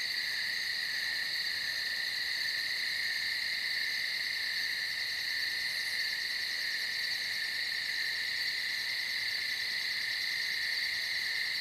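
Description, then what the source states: Many crickets calling together in an unbroken high-pitched trilling chorus, steady and even in loudness throughout, with no other clear sounds. Several crickets at night on a field.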